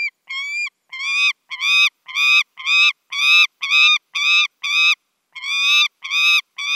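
Saker falcon uttering loud, grating, evenly spaced notes, about two each second, with one short pause before the final few calls.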